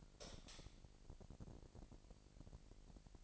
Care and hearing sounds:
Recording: daily activity, microphone in the room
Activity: light on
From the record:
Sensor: 5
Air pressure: 1002.0 hPa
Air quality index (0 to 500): 248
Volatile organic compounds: 46 ppm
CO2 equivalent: 3248 ppm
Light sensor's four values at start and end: 17/39/16/17 and 17/39/16/18

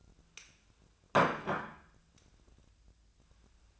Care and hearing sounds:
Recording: daily activity, microphone in the room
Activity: place plate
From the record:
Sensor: 2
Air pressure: 1009.3 hPa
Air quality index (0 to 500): 187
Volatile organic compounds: 12 ppm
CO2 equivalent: 2330 ppm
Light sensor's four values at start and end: 21/53/22/25 and 22/54/23/25

